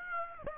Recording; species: mosquito wingbeat signal from an infrared sensor; Aedes aegypti